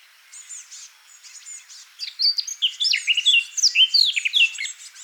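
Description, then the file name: Eurasian blackcap song: a quiet scratchy chattering warble for two seconds, then a loud, rich, fluty warble of varied whistled notes rising and falling until the end. "Sylvia atricapilla"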